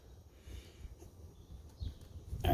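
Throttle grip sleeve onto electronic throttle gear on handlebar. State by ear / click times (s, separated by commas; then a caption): not seated / none. A fly-by-wire electronic throttle grip sleeve is slid onto the handlebar of a Harley-Davidson FXBBS so its internal gear can mesh with the electronic throttle gear. Low rustling and handling noise are followed by a sudden louder sound at about 2.5 s. The grip has not seated on the gear yet.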